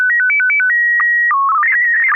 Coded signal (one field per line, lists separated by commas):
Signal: SSTV (slow-scan television)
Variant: PD 120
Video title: N6NA SSTV Net - 05/07/2025